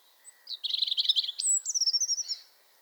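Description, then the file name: European robin song: a single high phrase of rapid tinkling trills, then a thin, sweet whistled run sliding downward, ending in short fluttering notes. "Erithacus rubecula"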